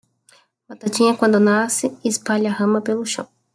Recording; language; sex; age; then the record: short text; Brazilian Portuguese; female; 20 to 29 years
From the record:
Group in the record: control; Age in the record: 28 years